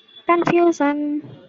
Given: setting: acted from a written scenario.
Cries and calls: vocal sound without words; confusion

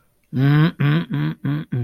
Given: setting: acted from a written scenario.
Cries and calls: vocal sound without words; disappointment

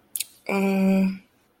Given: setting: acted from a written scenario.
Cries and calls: vocal sound without words; realization

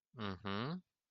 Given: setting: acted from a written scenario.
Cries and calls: vocal sound without words; neutral

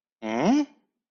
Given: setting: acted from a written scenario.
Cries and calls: vocal sound without words; confusion

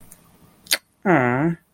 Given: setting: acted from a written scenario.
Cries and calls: vocal sound without words; disappointment

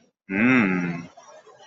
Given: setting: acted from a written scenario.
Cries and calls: vocal sound without words; romantic love

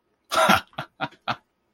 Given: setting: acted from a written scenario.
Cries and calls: vocal sound without words; amusement

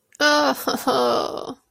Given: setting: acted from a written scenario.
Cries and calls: vocal sound without words; shame

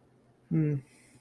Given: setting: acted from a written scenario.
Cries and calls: vocal sound without words; contentment

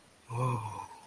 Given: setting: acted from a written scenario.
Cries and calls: vocal sound without words; romantic love

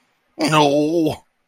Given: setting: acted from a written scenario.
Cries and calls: vocal sound without words; embarrassment

